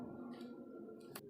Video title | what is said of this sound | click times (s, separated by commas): Sony alpha 6100 !! unboxing and review !! | Battery डालने के बाद ऑटोमेटिकली ये लॉक हो जाता है यहाँ पे और इसको इस तरीके से | 1.2 s